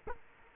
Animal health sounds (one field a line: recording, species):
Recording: mosquito wingbeat signal from an infrared sensor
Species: Culex quinquefasciatus